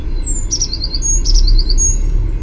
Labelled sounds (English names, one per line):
Eurasian Blue Tit